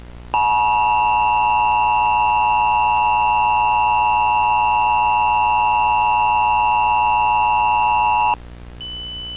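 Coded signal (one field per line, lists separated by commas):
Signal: Emergency Alert System (SAME) tones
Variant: 853 and 960 Hz attention tone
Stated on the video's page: Fictional analog-horror EAS scenario using valid tones generated by an EAS encoder.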